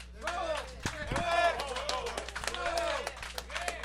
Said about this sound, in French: Le monde applaudisse pour vrai et pour faux en ce moment.